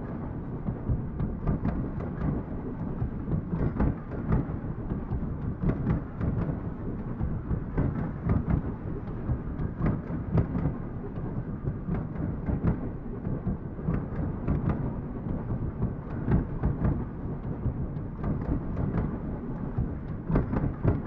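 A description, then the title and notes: A train rumbles along at a steady pace, a deep, continuous roar that stays dense and low throughout. Sharp clacks and knocks from the wheels recur irregularly every second or so, with brief brighter bursts near 4 and 16 seconds. Train Sounds. Soothing train sound.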